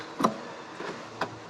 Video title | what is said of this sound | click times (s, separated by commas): Easily save money with Van maintenance service | there we go clipped and clipped done so now we've got fuel filter | 0.2 s, 1.2 s